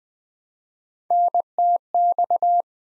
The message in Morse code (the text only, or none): NTX